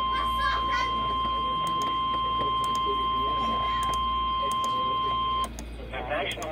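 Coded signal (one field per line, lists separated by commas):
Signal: Emergency Alert System (SAME) tones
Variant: 1050 Hz attention tone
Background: speech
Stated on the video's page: A severe thunderstorm warning received via weather radio.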